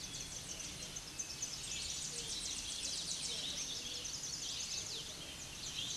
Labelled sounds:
Tennessee Warbler song

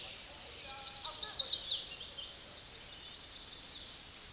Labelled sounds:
Chestnut-sided Warbler song

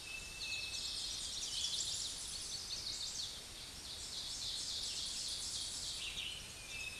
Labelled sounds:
Ovenbird song

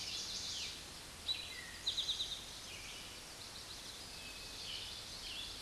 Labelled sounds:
Eastern Towhee song

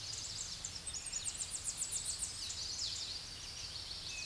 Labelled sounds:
Chestnut-sided Warbler song

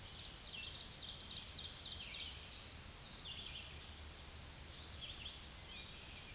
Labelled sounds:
Ovenbird song

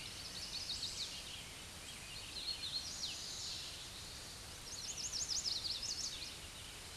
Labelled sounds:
Hooded Warbler song

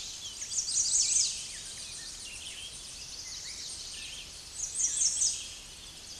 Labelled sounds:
American Redstart song

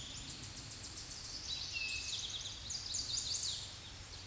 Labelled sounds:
Eastern Towhee song

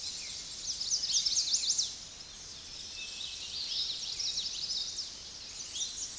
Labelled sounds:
Common Yellowthroat song

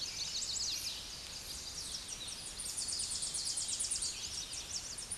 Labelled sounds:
Tennessee Warbler song

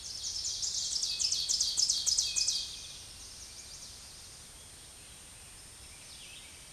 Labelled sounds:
Ovenbird song

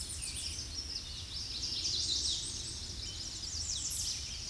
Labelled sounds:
American Redstart song

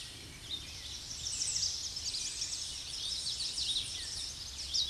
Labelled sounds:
American Redstart song

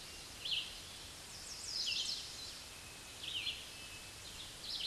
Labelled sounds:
Red-eyed Vireo song

